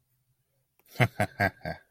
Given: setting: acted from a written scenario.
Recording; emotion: vocal sound without words; pride